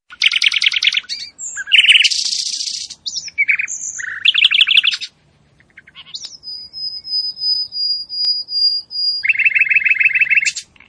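Bird song made of varied chirps and rapid buzzy trills in bright bursts, then a long, thin, steady whistle, then more quick trilled notes.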